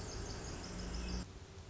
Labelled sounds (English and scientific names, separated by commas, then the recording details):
Pacific Wren (Troglodytes pacificus)
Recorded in Sonoma County, California